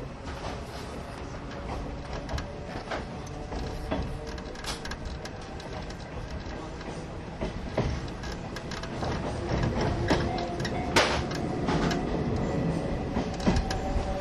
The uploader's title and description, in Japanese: 大鐵E10形+旧型客車 大井川本線普通。往年の普通＂客車列車＂の列車走行音